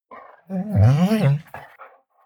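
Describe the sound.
Dog giving a low, drawn-out whine that wavers up and down for about a second, with short softer whimpers before and after it.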